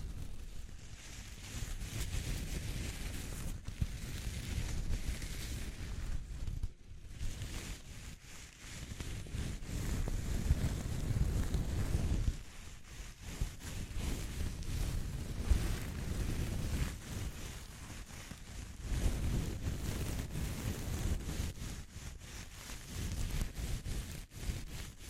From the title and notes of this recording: ASMR Exploring Textures (No Talking).